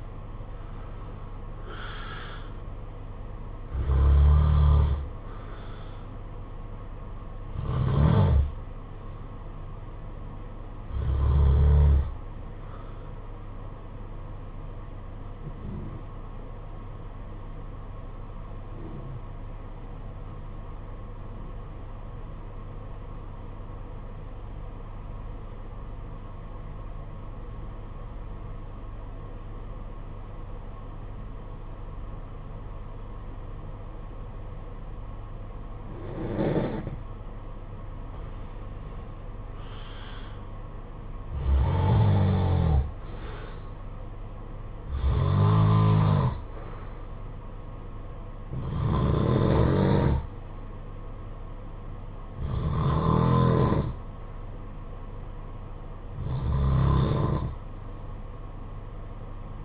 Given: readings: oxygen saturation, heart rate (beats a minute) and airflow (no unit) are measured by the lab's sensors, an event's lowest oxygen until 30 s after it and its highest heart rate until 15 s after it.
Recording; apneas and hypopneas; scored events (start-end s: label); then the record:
breathing in sleep by a smartphone at the bedside; 1
22.00-37.80 s: obstructive apnea (N2, oxygen 96% highest, then 86% lowest, heart rate 52 at the start, 60 highest)
From the record:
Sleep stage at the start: N2 (light sleep); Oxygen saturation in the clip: 85 to 96%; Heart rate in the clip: 50 to 68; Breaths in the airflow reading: 12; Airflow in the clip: -9.4 to 10.2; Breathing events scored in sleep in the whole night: 476 in 9.7 hours asleep